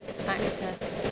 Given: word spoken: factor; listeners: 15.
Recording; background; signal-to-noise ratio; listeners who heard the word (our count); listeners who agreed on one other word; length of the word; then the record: one English word in noise, from a listening test; noise modulated by three-talker babble; -3.8 dB; 1 of 15; 14 of 15; 0.71 s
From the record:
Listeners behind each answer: 14, 1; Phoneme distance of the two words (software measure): 7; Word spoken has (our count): 2 syllables, 5 phonemes, stress on syllable 1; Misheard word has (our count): 2 syllables, 4 phonemes, stress on syllable 1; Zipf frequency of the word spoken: 4.50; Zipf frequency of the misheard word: 4.54